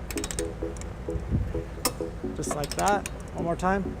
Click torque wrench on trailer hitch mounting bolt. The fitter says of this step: this one we're listening for a snap or a pop just like